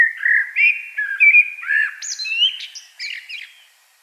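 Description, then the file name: Common blackbird pouring out a continuous run of mellow fluted notes rising into high, thin twittering flourishes over four seconds. "Turdus merula"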